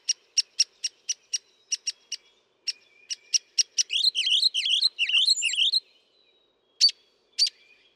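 Northern mockingbird song: a string of crisp repeated chips, a burst of jumbled warbling notes, then two final loud chips.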